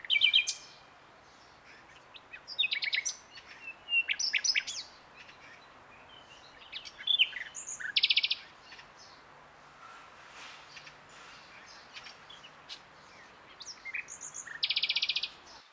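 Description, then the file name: Common nightingale song, a series of short varied phrases with buzzy rattles and chirps, separated by quiet gaps, against a hissy background. "Luscinia megarhynchos"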